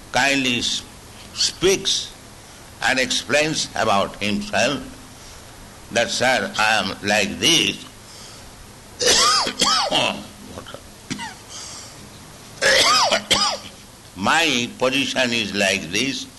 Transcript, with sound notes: kindly speaks and explains about himself, that "Sir, I am like this." [coughs] Water. "My position is like this.